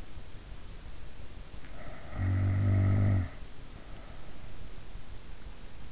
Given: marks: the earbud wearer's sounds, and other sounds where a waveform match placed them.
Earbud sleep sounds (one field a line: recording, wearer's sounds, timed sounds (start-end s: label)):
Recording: sounds in sleep by an in-ear microphone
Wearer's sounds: snoring breath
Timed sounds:
1.58-3.41 s: snoring breath